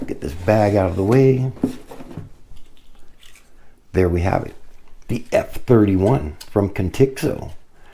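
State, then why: Not seated. A Contixo F31 small camera drone is being handled, its plastic folding arms about to be unfolded into the hinge locks on the drone body. Someone talks, and faint rustling and light handling taps are heard around 2.6–3.2 seconds. Nothing has seated or clicked into place yet.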